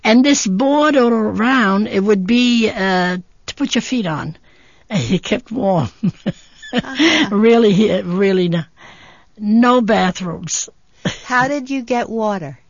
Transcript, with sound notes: And this border around, it would be to put your feet on. You kept warm. (she laughs) Really, really, no bathrooms.
How did you get water?